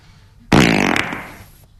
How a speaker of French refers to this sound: Je peux péter ? Ouais, vas-y.